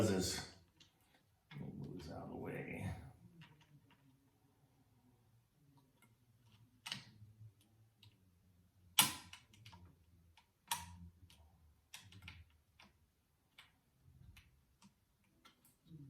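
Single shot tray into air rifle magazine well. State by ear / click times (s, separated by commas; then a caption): not seated / none. An aftermarket single-shot pellet tray is fitted into the magazine slot of a Hatsan AT44 PCP air rifle while someone talks. Several sharp handling knocks and clicks are heard, the loudest near 9.0 s. Nothing has seated or clicked home yet.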